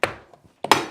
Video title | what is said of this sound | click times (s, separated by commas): The ultimate how to build garden room series, part 7, doors and windows! | there we go you heard it clicking | 0.0 s, 0.6 s, 0.7 s